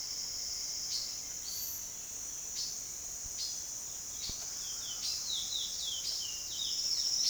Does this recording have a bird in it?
yes